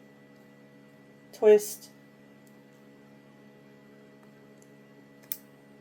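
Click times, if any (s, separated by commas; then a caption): 5.3 s. A removable insert is twisted back into its holder in a cosmetic container. Someone talks briefly near the start, then after a quiet stretch a single sharp click sounds at 5.3 s as the insert seats back in place.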